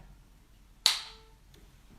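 A plastic number-three guard is popped onto a pair of hair clippers, making one sharp snap at 0.9 s that rings out briefly, followed by a much fainter tick at 1.5 s. The guard clicks on and is seated, which matters because a guard that doesn't click on will fall off.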